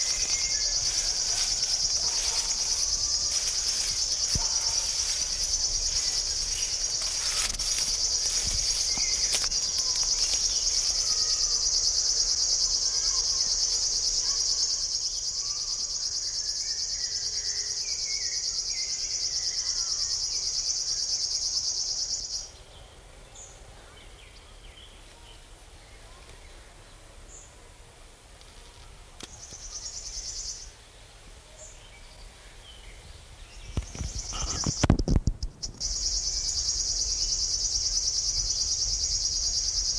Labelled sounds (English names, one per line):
River Warbler song